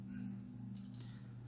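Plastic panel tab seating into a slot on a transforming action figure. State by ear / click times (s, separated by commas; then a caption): seated / 0.8 s, 0.9 s. A plastic panel on a transforming plastic action figure is worked into position until its tabs seat into their slots. Two quick, soft clicks sound at 0.8 s and 0.9 s over a steady low hum, and the panel's tabs pop into place, seated.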